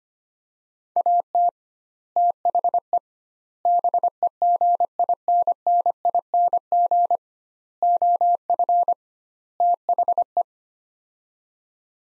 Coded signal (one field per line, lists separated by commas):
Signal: Morse code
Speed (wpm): 25 wpm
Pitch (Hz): 700 Hz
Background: none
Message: AT THE BEGINNING OF THE